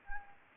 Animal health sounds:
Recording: mosquito wingbeat signal from an infrared sensor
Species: Anopheles gambiae

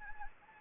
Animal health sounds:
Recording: mosquito wingbeat signal from an infrared sensor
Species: Anopheles gambiae

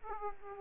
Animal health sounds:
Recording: mosquito wingbeat signal from an infrared sensor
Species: Aedes aegypti

